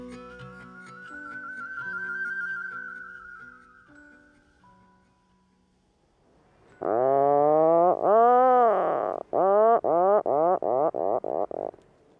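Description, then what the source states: Atlantic Puffin calling: several loud, deep, groaning arched notes in quick succession, getting shorter toward the end, after a stretch of background music. Recorded by Simon Elliott; hosted on xeno-canto.org.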